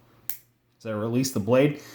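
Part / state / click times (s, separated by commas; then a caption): folding knife blade into its button lock in the handle / seated / 0.3 s. The metal blade of a ProTech automatic knife is pushed into the frame past its plunge-style button lock, and the lock button snaps up into place with a sharp click at 0.3 s. After a short silence, someone talks.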